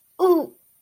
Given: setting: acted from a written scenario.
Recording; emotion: vocal sound without words; pain